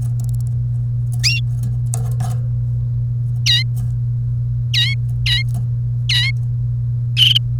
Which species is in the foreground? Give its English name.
Domestic Canary